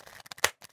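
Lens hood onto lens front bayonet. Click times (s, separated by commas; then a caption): 0.4 s. A plastic lens hood is forced and twisted onto the front bayonet of an 85mm lens, producing a run of small scraping ticks before a sharp, loud click at 0.4 s as it locks into place, followed by a couple of faint rattles. The hood has to be wrenched on, but once seated it is very secure.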